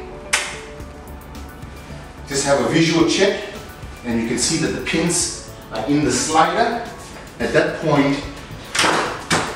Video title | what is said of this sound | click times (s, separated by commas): How to Assemble Babyhood Riya Cot- Dropside Installation Demo | push on the pin until you get a click. | 0.3 s